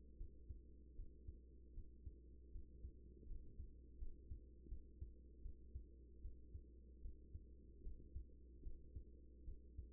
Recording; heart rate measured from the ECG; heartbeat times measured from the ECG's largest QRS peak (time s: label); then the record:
heart sounds by stethoscope; 78 bpm
0.17 s: heartbeat
0.95 s: heartbeat
1.74 s: heartbeat
2.51 s: heartbeat
3.27 s: heartbeat
3.98 s: heartbeat
4.68 s: heartbeat
5.42 s: heartbeat
6.21 s: heartbeat
7.01 s: heartbeat
7.82 s: heartbeat
8.62 s: heartbeat
9.44 s: heartbeat
From the record:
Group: healthy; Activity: rest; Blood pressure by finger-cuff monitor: 109/66 mmHg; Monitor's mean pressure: 81 mmHg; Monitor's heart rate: 77 bpm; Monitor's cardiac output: 6.4 L/min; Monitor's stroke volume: 81 mL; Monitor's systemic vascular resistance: 900 dyn s/cm5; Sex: female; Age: 24 years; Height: 163 cm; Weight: 55.7 kg